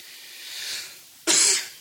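A soft intake of breath is followed by a single abrupt, airy cough burst lasting under half a second, heard in a quiet room. It is an isolated, dry-sounding cough with no repeated bouts or wheeze.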